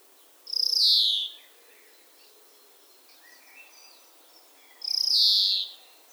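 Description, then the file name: European greenfinch with two long rasping wheezes about four seconds apart, with faint chirps in between. "Chloris chloris"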